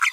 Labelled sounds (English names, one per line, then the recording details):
Green-rumped Parrotlet babbling
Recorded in a nest box in Venezuela
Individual 18B25A5